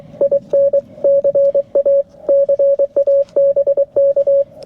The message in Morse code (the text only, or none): IN CA CA BK